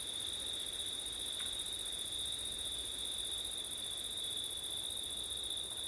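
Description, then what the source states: High, constant cricket trilling with a shriller band above, carried over a steady background of wind. September night, with wind; ORTF stereo microphone setup.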